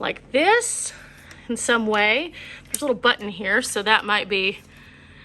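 Someone talks while handling the folding stem's lock-in device on a Hiboy S2Pro electric scooter, which is meant to be pushed down until it latches. Only speech and a low background hum are heard. Nothing has seated or clicked yet.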